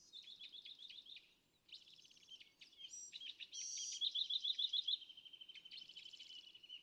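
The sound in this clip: California thrasher song with short phrases of repeated notes, a brief pause, then rapid repeated chips running into a long sustained whistle.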